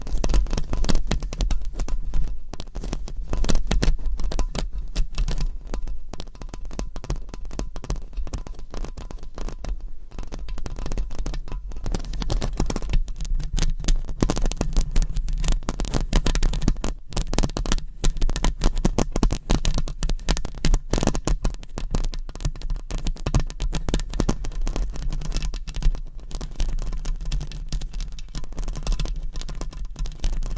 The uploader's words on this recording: ASMR Mic Scratching - Brain Scratching Hypnotic Asmr No Talking for Sleep with Long Nails.